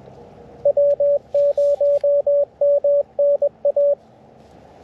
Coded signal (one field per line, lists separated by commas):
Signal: Morse code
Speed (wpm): 19 wpm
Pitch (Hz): 560 Hz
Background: radio noise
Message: W0MNA